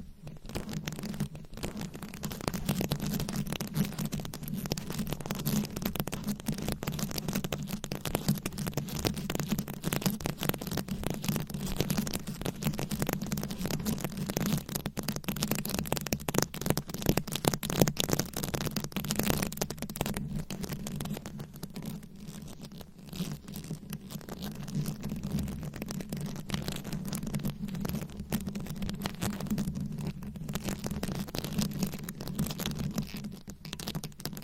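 Fast, aggressive scratching on a microphone, a dense, rapid rasp over a steady low rumble that runs unbroken for the whole stretch.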